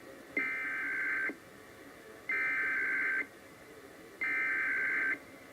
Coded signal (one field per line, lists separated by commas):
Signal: Emergency Alert System (SAME) tones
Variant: header bursts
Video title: Iowa Required Monthly Tests (EAS #39-41)